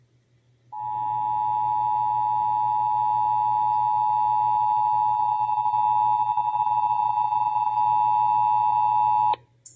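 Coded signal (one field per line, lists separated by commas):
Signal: Emergency Alert System (SAME) tones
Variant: 853 and 960 Hz attention tone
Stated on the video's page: Texas Required Monthly Test EAS alert as heard on several broadcast radio and TV stations.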